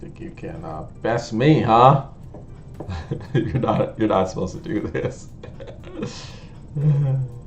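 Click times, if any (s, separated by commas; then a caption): none. A plastic model kit (Gunpla) part that would not go in by hand is handled against its mating part, ready to be pressed home with a tool, while someone talks throughout. Only faint, brief handling ticks are heard under the voice. Nothing has seated or clicked yet.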